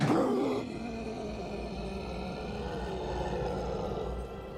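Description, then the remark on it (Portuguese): An excited growl from the character Mr. Link opens with a loud, raspy roar-like burst, then settles into a steady, lower rumbling growl that carries on for several seconds, with no talking over it. “Eu geralmente sou mais reservado, mas você se importa se eu... rosnar de animação, só um pouquinho?”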